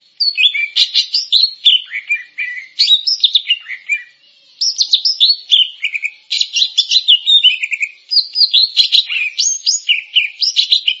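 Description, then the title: Grey-cheeked bulbul in long, varied song, tumbling whistled and chattering phrases delivered with only brief pauses, changing pitch constantly. "Kicau Burung Cucak Jenggot"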